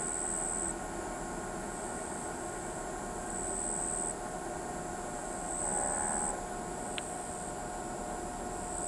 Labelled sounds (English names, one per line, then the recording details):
none
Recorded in pastures near Pivijay, Magdalena, Colombia, on 16 April 2023 at 19:00
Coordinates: 10.456, -74.369
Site P6-G026